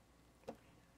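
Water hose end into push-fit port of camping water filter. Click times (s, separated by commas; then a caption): 0.5 s. A water hose end is pushed hard into the labelled push-to-connect port on a portable camping water filter unit. One short, sharp click is heard at 0.5 s over quiet background noise. The push-fit connector grabs and seats.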